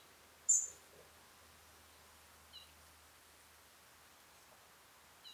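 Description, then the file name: European robin calls: a sharp high tick near the start, then two faint short notes later, spaced a couple of seconds apart over quiet background. "Erithacus rubecula"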